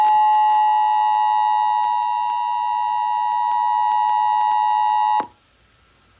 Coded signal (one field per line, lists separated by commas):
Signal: Emergency Alert System (SAME) tones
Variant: 853 and 960 Hz attention tone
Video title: EAS 572 - WIYY SVR